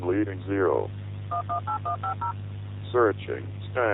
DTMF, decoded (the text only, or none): 118150